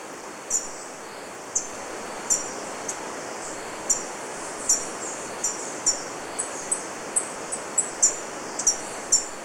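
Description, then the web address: Golden-eared Tanager giving very high, brief, sharp call notes in a quick, irregular series over a continuous broad background hiss. Recorded in Ecuador, South America. "Birds of Ecuador. Golden-eared Tanager"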